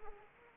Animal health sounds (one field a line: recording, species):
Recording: mosquito wingbeat signal from an infrared sensor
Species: Anopheles arabiensis